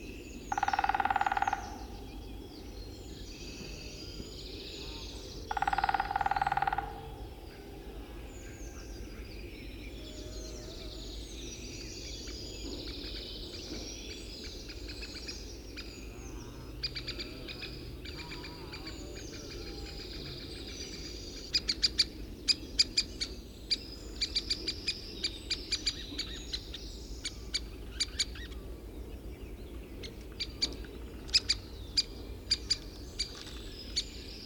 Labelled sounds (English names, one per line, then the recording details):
Great Spotted Woodpecker
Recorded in the wild
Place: Boldevitz, Insel Rügen, Mecklenburg-Vorpommern, DE
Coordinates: 54.441, 13.335
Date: 1972-04-15
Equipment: Nagra III BH, Sennheiser MD 21, parabola
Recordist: Schubert, Michael